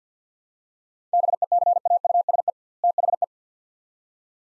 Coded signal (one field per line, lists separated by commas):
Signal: Morse code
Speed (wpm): 45 wpm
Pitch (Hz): 700 Hz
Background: none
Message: BECAUSE THE